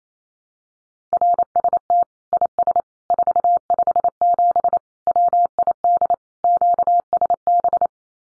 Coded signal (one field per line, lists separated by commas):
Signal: Morse code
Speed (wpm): 28 wpm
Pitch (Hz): 700 Hz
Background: none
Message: RST IS 457 WID QSB